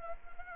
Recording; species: mosquito wingbeat signal from an infrared sensor; Anopheles arabiensis